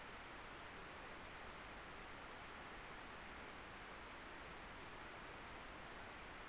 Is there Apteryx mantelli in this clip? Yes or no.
no